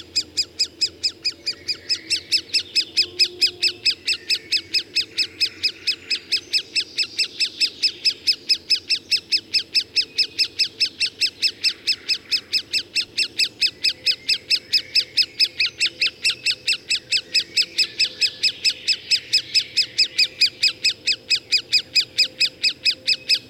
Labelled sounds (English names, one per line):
Great Spotted Woodpecker call